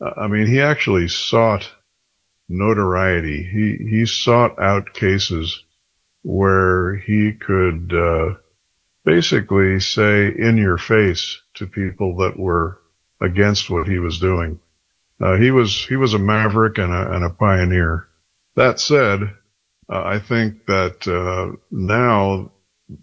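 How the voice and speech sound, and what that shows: A man speaks fluently in a calm, low-pitched voice with natural thinking pauses: ordinary speech.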